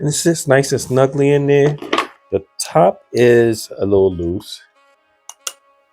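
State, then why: Seated. A cap is pushed onto a glossy, piano-lacquer black perfume bottle. Someone talks, then after a brief quiet a faint tap at 5.3 s is followed by a sharp click at 5.5 s. The cap, which first felt a little loose, snaps into place on the bottle.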